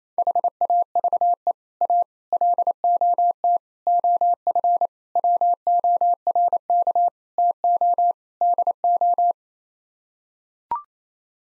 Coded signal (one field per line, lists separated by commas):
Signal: Morse code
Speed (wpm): 28 wpm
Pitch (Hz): 700 Hz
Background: none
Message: HAVE A LOT OF WORK TO DO